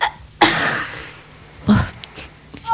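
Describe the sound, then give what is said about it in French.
Two harsh, breathy coughs from a female speaker, a little over a second apart, the first louder and longer, followed by a faint rasp of a smaller throat sound. No one speaks. “Pourquoi on tousse ?”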